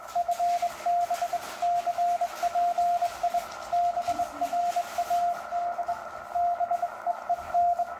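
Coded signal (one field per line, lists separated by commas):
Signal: Morse code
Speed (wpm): 21 wpm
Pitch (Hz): 700 Hz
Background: radio noise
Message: FB CPI BRAD BEEN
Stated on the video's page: Sent on a bug.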